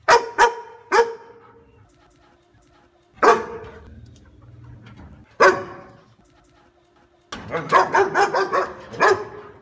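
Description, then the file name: Dog barks, a quick group at the start, then single barks, ending in a fast, rattling run of barks. "Tieng cho sua"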